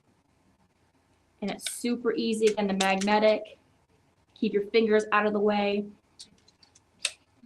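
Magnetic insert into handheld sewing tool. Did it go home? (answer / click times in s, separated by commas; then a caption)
yes / 7.0 s. Someone talks while a magnetic piece is pushed into the back of a handheld sewing/quilting tool and rotated. Small ticks sound during the rotation from about 6.2 to 6.8 seconds, ending in a louder click at 7.1 seconds as the magnetic tool head locks into place.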